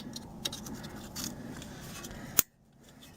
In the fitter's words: Make sure it clicks.